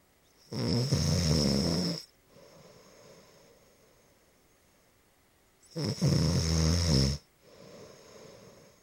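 Two loud, low-pitched snores from an adult sleeper, each lasting about one and a half seconds, with quieter breathing between them.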